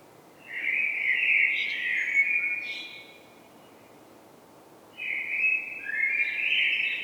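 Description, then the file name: Eurasian blackbird song: a loud fluting phrase ending in a sustained squeaky note, a two-second pause, then another melodious warbled phrase; light background hiss. "Turdus merula"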